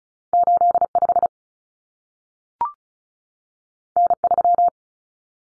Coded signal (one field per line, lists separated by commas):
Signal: Morse code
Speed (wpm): 36 wpm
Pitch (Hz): 700 Hz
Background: none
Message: 85 N3